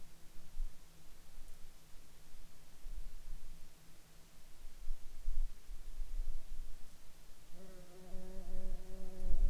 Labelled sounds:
insects
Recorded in Ivvavik National Park, Yukon, on 26 June 2019 at 00:33
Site SINP09

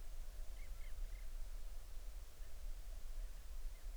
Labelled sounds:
bird
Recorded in the Arctic National Wildlife Refuge, Alaska, on 20 July 2019 at 02:36
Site 38

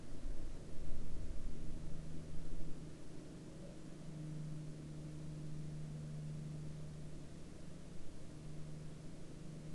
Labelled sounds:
aircraft
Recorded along the Dempster Highway, Canada, on 16 October 2019 at 09:20
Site 20

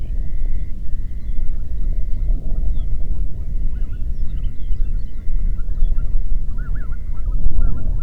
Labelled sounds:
songbird
waterfowl
wind
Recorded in the Prudhoe Bay oil fields, Alaska, on 8 June 2019 at 04:51
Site 30

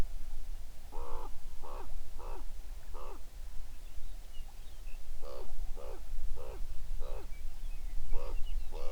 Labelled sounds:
songbird
corvid
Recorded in the Prudhoe Bay oil fields, Alaska, on 11 June 2019 at 05:06
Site 21

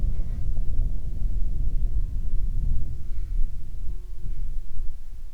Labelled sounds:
wind
insects
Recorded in the Prudhoe Bay oil fields, Alaska, on 10 July 2019 at 10:15
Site 11

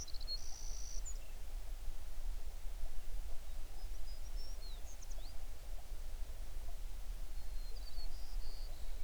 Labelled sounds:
songbird
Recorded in the Prudhoe Bay oil fields, Alaska, on 11 June 2019 at 05:32
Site 21

